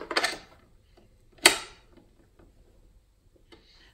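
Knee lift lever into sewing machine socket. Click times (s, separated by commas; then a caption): 1.5 s. A removable knee-lift lever is pushed into its socket on the front of a Baby Lock Aventura II sewing machine. A brief clatter of handling noise comes near the start, then the lever snaps sharply into place at 1.5 s, followed by a faint tap around 3.5 s. The knee lift is seated.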